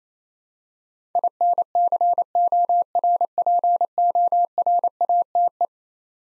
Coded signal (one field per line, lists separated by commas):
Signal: Morse code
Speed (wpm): 27 wpm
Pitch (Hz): 700 Hz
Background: none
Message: INCORPORATE